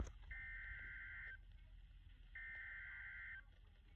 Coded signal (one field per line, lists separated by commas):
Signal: Emergency Alert System (SAME) tones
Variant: header bursts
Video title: Severe Thunderstorm Warning [EAS #325]